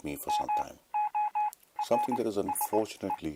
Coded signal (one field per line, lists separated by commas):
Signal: Morse code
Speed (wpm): 20 wpm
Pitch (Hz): 840 Hz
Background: speech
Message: MORSE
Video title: HDNLS Morse code prev 02 lq